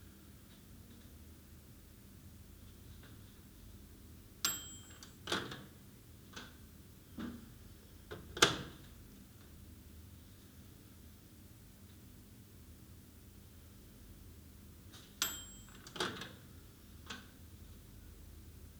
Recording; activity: daily activity, guitar pickup as the sensor; use microwave